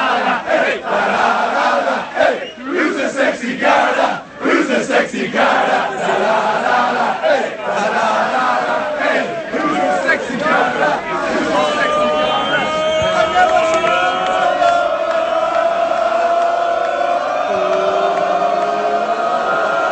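A large crowd of Ireland football fans sings a chant to French police around the Euro 2016 stadiums in France, loud and continuous, opening with rowdy shouting that settles into a sustained, tuneful group melody.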